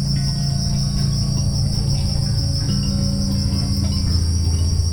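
Steady high cricket trilling without pause, layered over low, smooth sustained tones.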